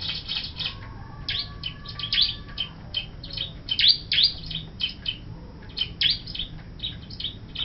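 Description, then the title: Bar-winged Prinia chirping in rapid, uneven bursts of high notes, with a faint low whistle-like tone underneath at times. "Suara Burung Ciblek"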